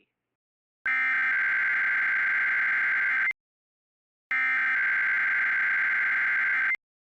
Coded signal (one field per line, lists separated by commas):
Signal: Emergency Alert System (SAME) tones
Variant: header bursts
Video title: Required WEEKLY test NO EAS